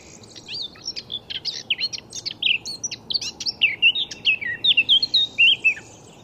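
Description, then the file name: Eurasian blackcap song: quick twittering notes that swell into a loud, mellow series of fluted whistles. "Sylvia atricapilla"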